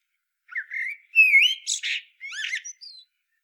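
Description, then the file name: Common blackbird song: one continuous phrase of fluty, slurred whistles that rises into a bright, squeaky twittering flourish, with no other sounds. "Turdus merula"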